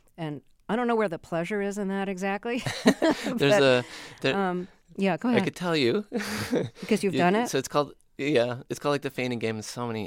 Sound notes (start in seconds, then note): 2.6 laughter; 6.2 laughter